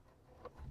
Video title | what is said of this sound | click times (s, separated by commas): NEW PHEV Prius vs Tesla Model 3 - Cost Analysis | boom kind of locks into place | 0.5 s